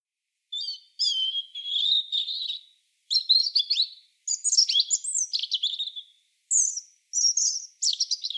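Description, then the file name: European robin song, liquid warbling phrases with some fast twitters and high sharp notes, pausing briefly between phrases; nothing else audible. "Erithacus rubecula"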